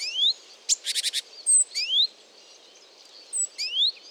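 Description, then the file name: Great tit calls: a rising whistled note, then a rapid buzzy churr of several pulses, followed by more upslurred whistles and thin high notes. "Parus major"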